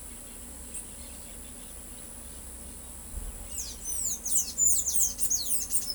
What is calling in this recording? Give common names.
Palm Tanager